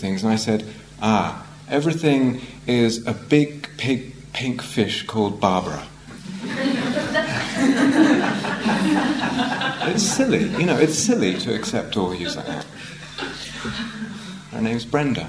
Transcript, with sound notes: and I said, "Ah, everything is a big, pink fish called Barbara!" [laughter] It's silly, you know. It's silly to accept or use that. Her name's Brenda.